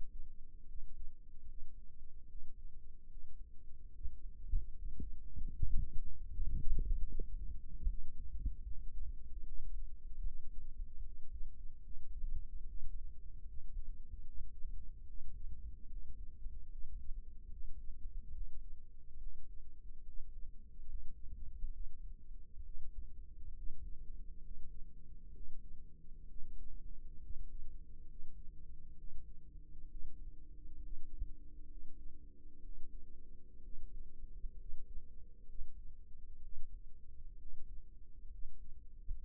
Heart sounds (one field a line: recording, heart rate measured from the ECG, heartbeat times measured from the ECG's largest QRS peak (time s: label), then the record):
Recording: heart sounds by microphone in the right ear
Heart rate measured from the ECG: 70 bpm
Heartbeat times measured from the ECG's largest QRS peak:
0.66 s: heartbeat
1.45 s: heartbeat
2.26 s: heartbeat
3.08 s: heartbeat
3.92 s: heartbeat
4.71 s: heartbeat
5.51 s: heartbeat
6.31 s: heartbeat
7.08 s: heartbeat
7.86 s: heartbeat
8.62 s: heartbeat
9.44 s: heartbeat
10.22 s: heartbeat
11.02 s: heartbeat
11.82 s: heartbeat
12.66 s: heartbeat
13.45 s: heartbeat
14.24 s: heartbeat
15.05 s: heartbeat
15.88 s: heartbeat
16.69 s: heartbeat
17.49 s: heartbeat
18.33 s: heartbeat
19.18 s: heartbeat
20.04 s: heartbeat
20.85 s: heartbeat
21.72 s: heartbeat
22.62 s: heartbeat
23.54 s: heartbeat
24.40 s: heartbeat
25.32 s: heartbeat
26.27 s: heartbeat
27.20 s: heartbeat
28.06 s: heartbeat
28.95 s: heartbeat
29.88 s: heartbeat
30.80 s: heartbeat
31.66 s: heartbeat
32.61 s: heartbeat
33.61 s: heartbeat
34.56 s: heartbeat
35.46 s: heartbeat
36.40 s: heartbeat
37.37 s: heartbeat
38.29 s: heartbeat
39.14 s: heartbeat
From the record:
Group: healthy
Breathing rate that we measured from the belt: 17 breaths a minute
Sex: male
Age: 22 years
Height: 181 cm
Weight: 79 kg